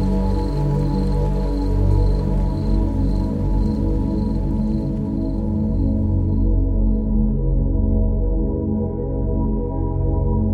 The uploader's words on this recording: A night in the countryside. Relaxing countryside sounds with 432 Hz relaxing music.